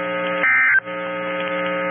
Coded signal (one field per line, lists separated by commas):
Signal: Emergency Alert System (SAME) tones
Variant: end-of-message bursts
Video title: Severe Thunderstorm Warning On WXM28 5/30/22 (EAS #1229)